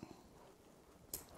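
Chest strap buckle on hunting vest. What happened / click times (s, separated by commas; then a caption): The buckle unclipped / 1.1 s. A plastic side-release buckle on the chest strap of an Alps Outdoorz NWTF turkey hunting vest is unclipped. After faint low rumbling near the start, a strong, sharp click with a bright high-frequency burst comes at 1.1 s, and the strap buckle is released.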